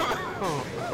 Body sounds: coughing mixed with background sound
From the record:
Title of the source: Heavy cold and sore throat coughing.

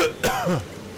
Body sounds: coughing mixed with background sound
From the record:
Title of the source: Coughing 51

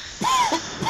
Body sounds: coughing mixed with background sound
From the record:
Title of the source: Dry Coughing Fit in the Afternoon.

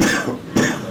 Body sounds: coughing mixed with background sound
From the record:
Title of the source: Spring Cold Coughing 3

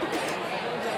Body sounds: coughing mixed with background sound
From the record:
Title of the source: 55 gaggy wet cough

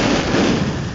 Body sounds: background sound without coughing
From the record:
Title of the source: wind

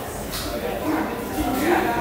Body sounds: background sound without coughing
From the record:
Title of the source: 40 min - Ambience sounds UNIVERSITY lunchroom chatting

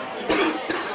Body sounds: coughing mixed with background sound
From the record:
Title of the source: 60 coughing still (deep and wet cough)

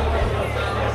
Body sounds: background sound without coughing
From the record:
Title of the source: CITY SOUNDS Busy Bar in the Evening Night - 2 HOURS of Ambiance for Relaxation

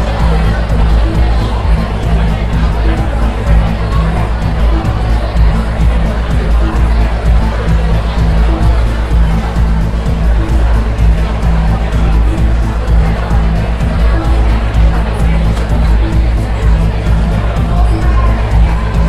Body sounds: background sound without coughing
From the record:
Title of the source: Party Noise 1 Hour Party Ambience

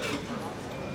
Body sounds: coughing mixed with background sound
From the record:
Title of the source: 64 coughing, allergies, singing lungs

